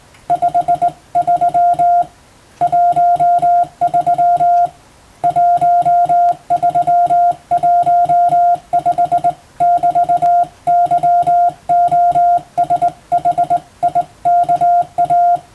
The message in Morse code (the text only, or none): 53 13 1315 <BT>YOSHIKA